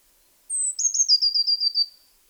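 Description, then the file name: Eurasian blue tit giving a high descending whistle that runs straight into a quick series of several short notes, lasting about a second and a half. "Cyanistes caeruleus"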